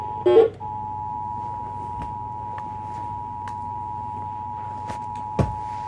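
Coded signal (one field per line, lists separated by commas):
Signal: Emergency Alert System (SAME) tones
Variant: 853 and 960 Hz attention tone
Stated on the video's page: Severe thunderstorm watch captured across ten stations.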